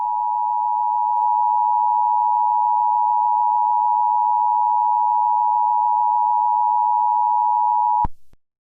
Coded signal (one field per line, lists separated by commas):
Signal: Emergency Alert System (SAME) tones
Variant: 853 and 960 Hz attention tone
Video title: EAS Scenario #6: Great Tornado of 2022